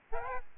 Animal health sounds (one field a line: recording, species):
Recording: mosquito wingbeat signal from an infrared sensor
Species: Aedes albopictus